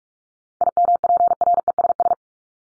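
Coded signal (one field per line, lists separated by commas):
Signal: Morse code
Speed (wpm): 44 wpm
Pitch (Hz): 700 Hz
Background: none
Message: IMPRESS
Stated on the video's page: Morse practice of common words at 45 wpm for head-copy, each word sent twice with spoken word between.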